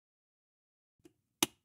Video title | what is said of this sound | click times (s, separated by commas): Je monte le PC GAMER (et plus) de mes rêves | on entend bien le petit clic très satisfaisant qui permet de vérifier qu'on a bien mis nos barrettes de RAM | 1.4 s